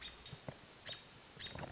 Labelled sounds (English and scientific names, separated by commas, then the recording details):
American Robin (Turdus migratorius)
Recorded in Sonoma County, California